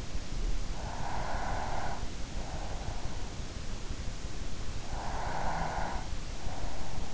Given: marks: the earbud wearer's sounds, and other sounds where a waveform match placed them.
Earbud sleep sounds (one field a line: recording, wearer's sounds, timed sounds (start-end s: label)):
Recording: sounds in sleep by an in-ear microphone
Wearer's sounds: breath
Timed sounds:
0.76-2.19 s: breath
4.88-6.19 s: breath